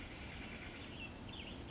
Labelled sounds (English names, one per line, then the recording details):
California Towhee
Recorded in Sonoma County, California